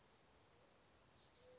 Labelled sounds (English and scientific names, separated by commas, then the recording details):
Oak Titmouse (Baeolophus inornatus)
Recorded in Sonoma County, California